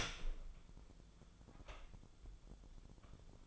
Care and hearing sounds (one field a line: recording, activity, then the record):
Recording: daily activity, microphone in the room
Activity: open door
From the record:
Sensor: 5